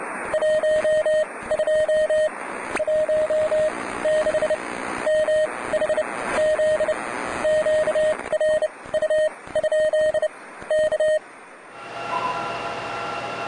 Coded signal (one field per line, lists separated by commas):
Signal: Morse code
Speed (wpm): 30 wpm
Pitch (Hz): 620 Hz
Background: radio noise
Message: 12 16 MHZ QRU? K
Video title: Morse radio station K6KPH/KSM in California, USA